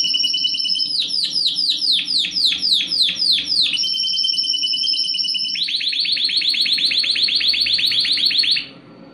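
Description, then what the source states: Canary song of quick falling notes repeated in a series, then a long, fast, even trill that ends abruptly. Canary song mixed with Timbrado canary song for song training.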